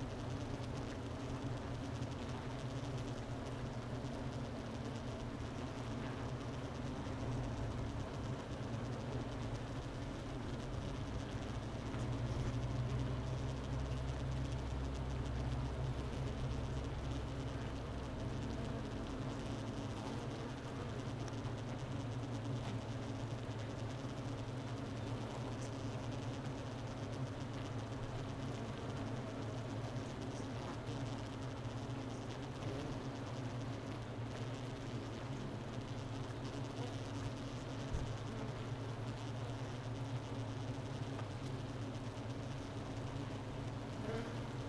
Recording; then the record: honeybee colony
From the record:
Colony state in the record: missing queen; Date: 31 May 2018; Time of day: 11:52